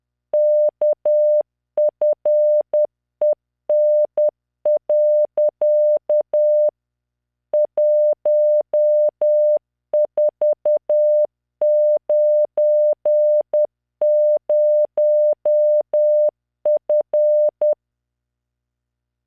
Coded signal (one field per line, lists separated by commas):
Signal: Morse code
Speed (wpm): 10 wpm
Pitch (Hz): 600 Hz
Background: none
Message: KFEN. 1490F